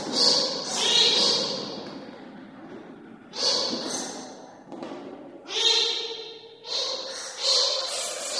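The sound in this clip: Bat squeaks and chattering: scratchy, high-pitched bursts arrive in uneven groups separated by brief lulls.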